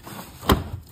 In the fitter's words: just like that snapped it all in good to go